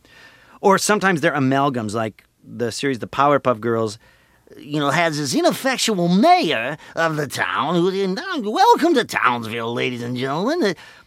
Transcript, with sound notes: or sometimes they're amalgams, like the series "The Powerpuff Girls," you know, (impersonating Mayor of Townsville) has this ineffectual mayor of the town. Welcome to Townsville, ladies and gentlemen.